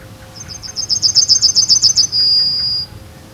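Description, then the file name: Yellowhammer song: a rapid series of many short, high notes, growing louder, ends in one long, thin, high note. "Zigolo Giallo"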